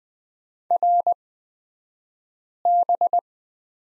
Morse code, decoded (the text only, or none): RB